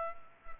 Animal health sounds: mosquito wingbeat signal from an infrared sensor; Culex pipiens

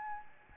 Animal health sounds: mosquito wingbeat signal from an infrared sensor; Aedes albopictus

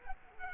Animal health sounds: mosquito wingbeat signal from an infrared sensor; Culex quinquefasciatus

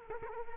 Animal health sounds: mosquito wingbeat signal from an infrared sensor; Culex quinquefasciatus

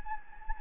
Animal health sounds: mosquito wingbeat signal from an infrared sensor; Anopheles gambiae

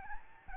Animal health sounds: mosquito wingbeat signal from an infrared sensor; Aedes albopictus

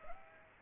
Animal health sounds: mosquito wingbeat signal from an infrared sensor; Aedes aegypti

